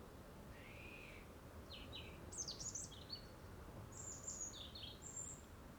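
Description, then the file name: European robin song: a short rising-falling note, then scattered thin, high, tinkling phrases of varied pitch, with steady background hiss. "Erithacus rubecula"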